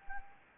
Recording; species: mosquito wingbeat signal from an infrared sensor; Anopheles arabiensis